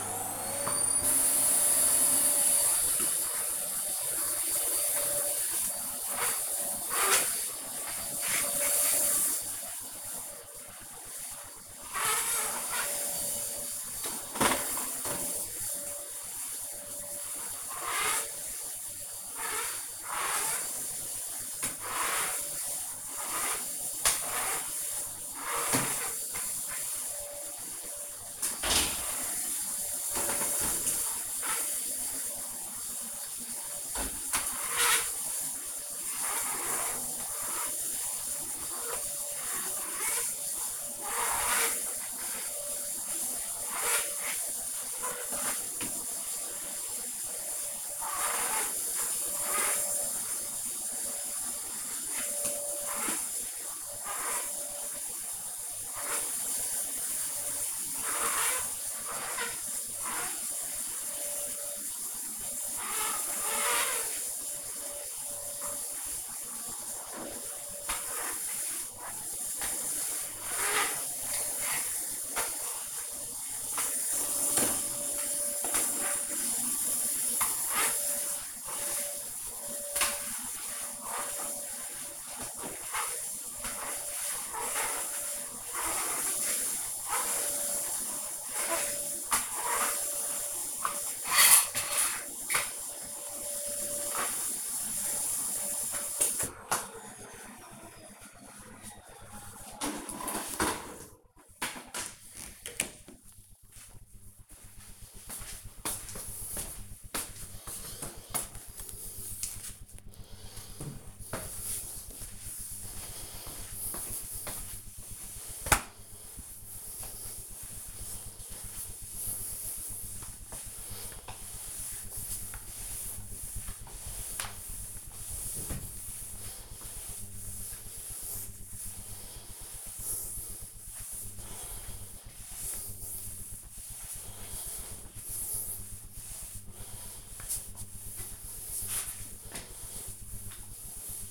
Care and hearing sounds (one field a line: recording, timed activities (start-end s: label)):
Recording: household activities, microphone on the right wrist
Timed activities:
0.00-95.66 s: vacuum cleaning
111.72-141.31 s: floor cleaning